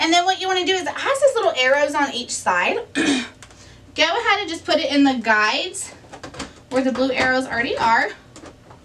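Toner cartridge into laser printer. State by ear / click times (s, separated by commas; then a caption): not seated / none. Someone talks while a new toner cartridge, which has small arrows on each side, is lined up with the guides marked by blue arrows on a Dell B3460dn laser printer. Two faint, short knocks come near the end, at about 8.4 s and 8.7 s. The cartridge has not clicked or seated yet.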